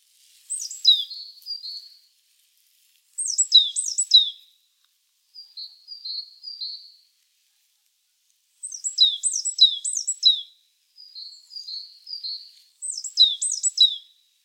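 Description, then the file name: Great tit calls: bursts of sharp, high chirping notes with quick descending elements, grouped in short phrases separated by brief pauses. "Parus major"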